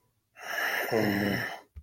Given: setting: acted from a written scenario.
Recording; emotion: vocal sound without words; anger